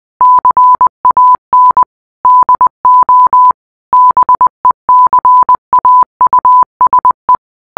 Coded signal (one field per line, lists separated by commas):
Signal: Morse code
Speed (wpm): 20 wpm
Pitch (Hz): 1000 Hz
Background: none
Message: CAN DO BECAUSE